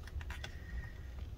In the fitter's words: it all lined up and then push it down just like that it clicks into place